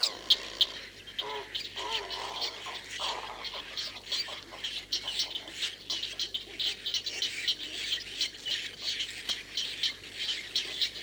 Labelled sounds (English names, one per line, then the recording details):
Great Egret
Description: White heron/kōtuku song
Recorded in New Zealand